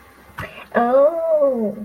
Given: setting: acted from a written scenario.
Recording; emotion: vocal sound without words; contentment